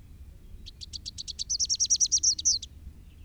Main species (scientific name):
Basileuterus rufifrons